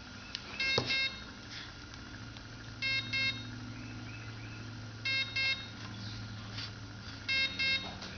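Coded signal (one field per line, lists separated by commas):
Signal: none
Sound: speed controller programming beeps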